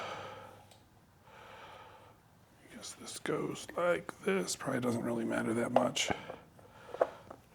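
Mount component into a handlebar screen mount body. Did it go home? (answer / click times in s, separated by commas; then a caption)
yes / 7.0 s. A mount component is pressed into the body of an Evotech Carpuride Quadlock handlebar screen mount for a 2023 Triumph Tiger 1200 Rally Explorer while someone talks. The component seats with a short, sharp snap at 7.0 s and pops into place.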